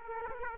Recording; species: mosquito wingbeat signal from an infrared sensor; Aedes aegypti